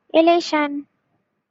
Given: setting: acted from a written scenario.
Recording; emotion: vocal sound without words; elation